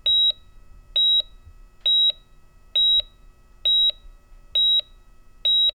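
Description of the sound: High-pitched electronic beeps repeat steadily about 67 times a minute, each a short tone with a brief click-like doublet: the pulse beep of a heart monitor in a hospital, heard as a sound effect, with a faint low hum beneath.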